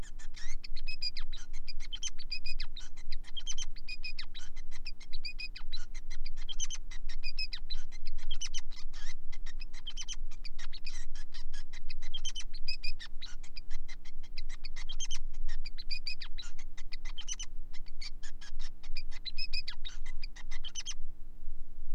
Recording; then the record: song of a male Bengalese finch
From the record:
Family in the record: son of father 5